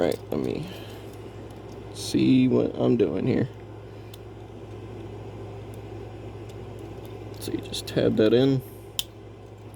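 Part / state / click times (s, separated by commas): plastic tab of a transforming robot figure into its mating slot / seated / 9.0 s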